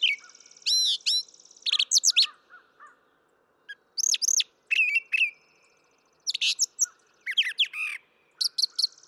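Brown thrasher singing a long string of varied phrases, sharp downslurred notes and chirpy clusters, with short pauses between.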